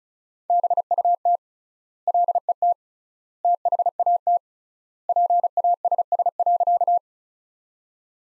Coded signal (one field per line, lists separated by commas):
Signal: Morse code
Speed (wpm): 35 wpm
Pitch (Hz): 700 Hz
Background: none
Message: BUT LET THAT PASS.